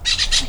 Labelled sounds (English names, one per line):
Brown-throated Parakeet contact call